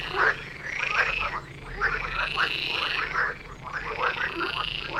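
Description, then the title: Dense frog chorus, many rasping croaks overlapping continuously with little pause between calls. Frog chorus near Vellerner Brook in Neubeckum, recorded at 2pm; binaural recording, best with headphones. "Frog concert near Vellerner Brook in Neubeckum - 2pm - binaural version"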